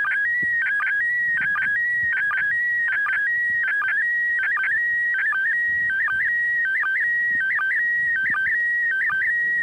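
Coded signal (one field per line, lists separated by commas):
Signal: SSTV (slow-scan television)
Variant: PD 180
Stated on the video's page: SSTV image from the International Space Station during an event marking the Apollo-Soyuz docking anniversary.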